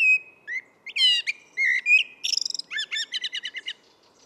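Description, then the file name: Common blackbird singing: low mellow whistled notes that give way to a rapid series of high, squeaky twittering notes. "Turdus merula"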